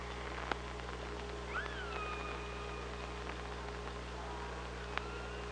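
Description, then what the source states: Killer whale call: a single rising-then-falling harmonic cry that levels into a long steady tone, with occasional clicks and a low background hum. Recorded with an OrcaLab hydrophone on 24 August 2017 at 05:31:26.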